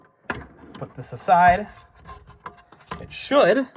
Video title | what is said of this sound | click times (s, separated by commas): Pull apart lisa for widget drive | and then you can click it down on both sides both of those should click right in and then | 0.3 s